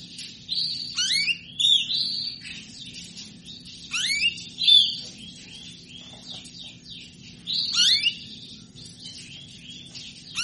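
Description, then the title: Belgian canary song with bursts of fast rolling trills and sweeping chirps recurring every few seconds, bright and high-pitched above a quiet hum. Belgian canary song played to stimulate canaries into singing; described as a female canary asking to mate. "Canto Para Esquentar Canário Belga. Suara burung kenari betina minta kawin"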